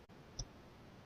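A stripped copper wire is pushed into a lever-type push-fit wire connector, and the plastic lever is pressed down to clamp it. A single short, sharp click sounds at 0.4 s as the lever snaps shut, and the wire is seated tight and locked firmly.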